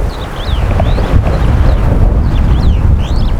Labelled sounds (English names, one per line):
Superb Starling flight call